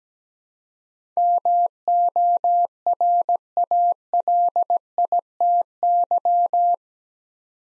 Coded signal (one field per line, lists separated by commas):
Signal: Morse code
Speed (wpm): 17 wpm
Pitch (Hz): 700 Hz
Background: none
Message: MORALITY